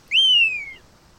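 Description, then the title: Magellanic plover call: a single clear whistle that rises quickly, then slides slowly downward. Sole species of family Pluvianellidae; pigeon-like, feeds young crop milk; native to southern Chile and Argentina, mainly Argentine coastal national parks; probably no more than a few thousand; runs on beaches, digs sand for food. "El encantadoramente extraño chorlito ceniciento"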